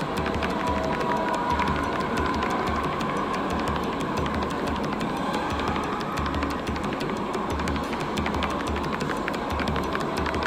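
A busy city square with a dense, steady wash of noise and a low, regular pulsing rumble underneath, like machinery or a passing train. Frequent small clicks and clatters come through over the full ten seconds.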